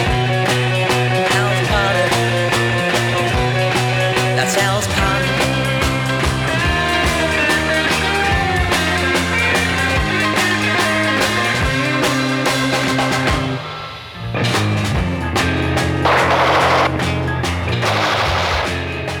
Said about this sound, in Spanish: Los disparos de la masacre del día de San Valentín.